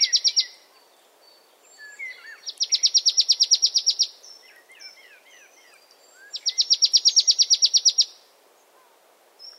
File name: Poecile palustris